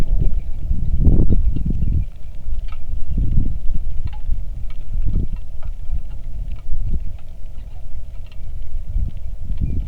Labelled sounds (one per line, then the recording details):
wind
rain
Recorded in the Arctic National Wildlife Refuge, Alaska, on 3 August 2019 at 10:00
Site 46